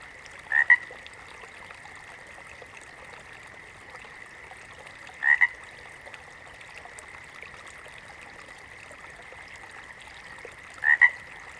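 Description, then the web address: Water frog croaks: short, pulsed, double bursts about every five seconds, heard over a steady high hum. "The Natural Sounds of the Wilderness. Echoes of Nature - Frog Chorus. Water Frogs"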